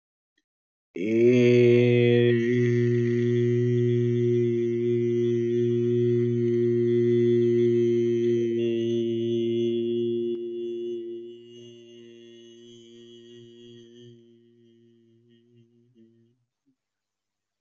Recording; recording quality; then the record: sustained vowel as in made; excellent, no background noise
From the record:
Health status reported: healthy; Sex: male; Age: 31 years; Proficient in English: yes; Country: India